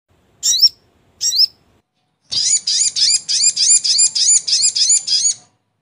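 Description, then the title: Brown-throated sunbird singing: two separate sharp high notes, then a fast even series of squeaky upslurred chirps for about three seconds. Labaik song variant; masteran recording used to tutor other birds. "Masteran Burung Sogok Ontong Labaik"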